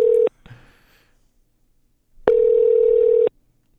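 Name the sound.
telephone ringing tone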